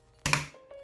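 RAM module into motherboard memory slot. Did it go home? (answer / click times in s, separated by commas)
yes / 0.3 s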